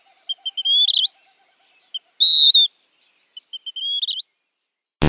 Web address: Western Wood-Pewee